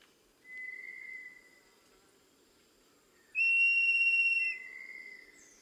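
Tinamou whistles: a soft, level note near the start, then a loud, steady whistle lasting about a second, followed by a quieter lower tone.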